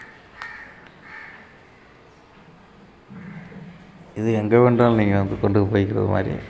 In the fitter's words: Just இத press பண்ணீங்கன்னா lock ஆயிடும்.